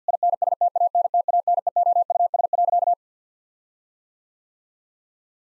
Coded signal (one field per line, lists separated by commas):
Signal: Morse code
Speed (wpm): 50 wpm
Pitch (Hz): 700 Hz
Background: none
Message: INSTANTANEOUS.